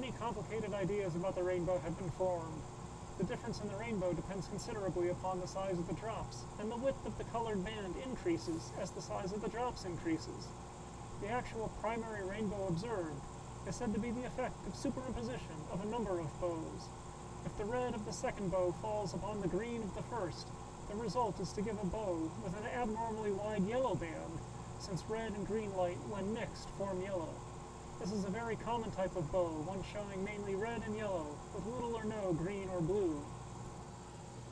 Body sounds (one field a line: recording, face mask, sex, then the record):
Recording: reading aloud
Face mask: surgical mask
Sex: male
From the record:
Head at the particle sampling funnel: tilted up or above it, chin in front of it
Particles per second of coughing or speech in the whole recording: 0.968